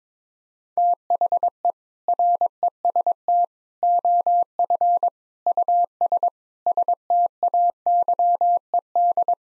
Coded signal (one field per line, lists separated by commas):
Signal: Morse code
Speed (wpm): 21 wpm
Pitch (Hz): 700 Hz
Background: none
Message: THE REST OF US STAYED